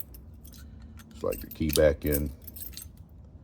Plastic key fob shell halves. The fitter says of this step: there you hear it snap in and we are done